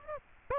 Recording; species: mosquito wingbeat signal from an infrared sensor; Aedes aegypti